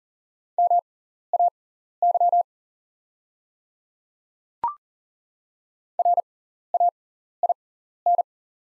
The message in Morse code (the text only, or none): MAY RAIN